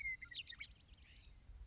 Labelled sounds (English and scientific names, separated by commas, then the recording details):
Western Meadowlark (Sturnella neglecta)
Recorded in Sonoma County, California